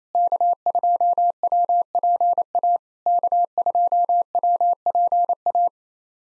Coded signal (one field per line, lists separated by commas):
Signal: Morse code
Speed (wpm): 28 wpm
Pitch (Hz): 700 Hz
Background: none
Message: K2WPA K2WPA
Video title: POTA QSO Practice - 28wpm